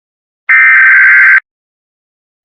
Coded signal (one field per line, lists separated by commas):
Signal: Emergency Alert System (SAME) tones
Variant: header bursts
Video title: EAS Scenario: The World's Gone Beautiful